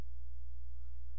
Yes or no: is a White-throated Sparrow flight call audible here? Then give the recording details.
no. No flight call is heard. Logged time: 00:15 on 16 September 2014